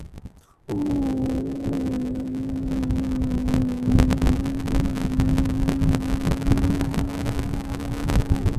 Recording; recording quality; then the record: sustained vowel as in boot; poor, much background noise or distortion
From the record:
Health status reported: healthy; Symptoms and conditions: none ticked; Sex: male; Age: 25 years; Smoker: not ticked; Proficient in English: yes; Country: India